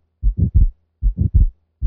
Murmur often heard in atrial septal defect is actually caused by relative pulmonic stenosis, and this is crescendo-decrescendo in contour usually medium-pitched in quality, and is typically relatively soft and of short duration. The murmur is usually most prominent in the pulmonic area and is heard best with the diaphragm of the stethoscope. Simulated ejection systolic murmur of atrial septal defect, which is followed by fixed splitting of S2.